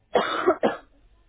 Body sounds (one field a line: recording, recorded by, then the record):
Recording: voluntary cough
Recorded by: telephone call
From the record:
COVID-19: positive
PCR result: checked with the laboratory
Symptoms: yes